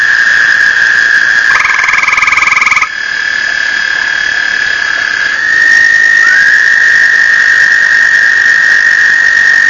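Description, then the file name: Toads giving long, steady trills. Several overlap, and a higher, pulsed trill joins briefly, then stops. Another trill rises in later. Recorded 1 May 2007. "batesline toads"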